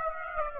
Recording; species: mosquito wingbeat signal from an infrared sensor; Aedes aegypti